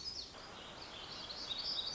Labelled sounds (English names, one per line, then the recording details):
Black-throated Gray Warbler
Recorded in Sonoma County, California